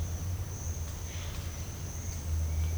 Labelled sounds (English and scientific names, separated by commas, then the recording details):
none
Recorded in dense forest near Puerto Asís, Putumayo, Colombia, on 20 December 2024 at 09:00
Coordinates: 0.481, -76.323
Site G100